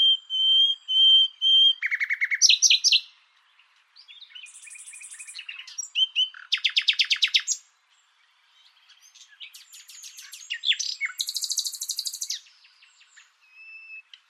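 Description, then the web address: Bird song: a steady high whistle, then bursts of buzzy trills and rapid chattering notes with short pauses, ending in softer twitters. "Deverinetal 2025 File origin Bird Only"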